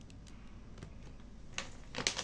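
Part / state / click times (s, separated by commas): plastic snap clip on a storage pouch / seated / 1.6 s, 2.1 s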